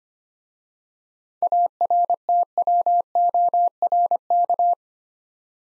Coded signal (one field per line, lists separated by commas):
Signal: Morse code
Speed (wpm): 25 wpm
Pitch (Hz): 700 Hz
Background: none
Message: ARTWORK